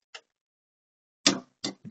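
A click-type torque wrench set to 40 lbs, used with a small extension, tightens the blade bolt on a Honda HR217 lawn mower. A faint tick at 0.2 s is followed by silence, then a loud sharp click at 1.3 s as the wrench reaches its setting, with two quieter sharp sounds after it. The wrench clicks at the 40 lb setting.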